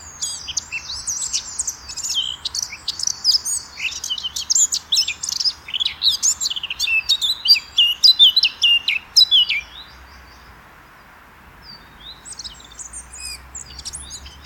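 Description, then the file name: Eurasian blackcap song: a fast, varied warbling of high chirps and whistled notes for about ten seconds, a pause, then softer twittering resumes near the end. "Sylvia atricapilla"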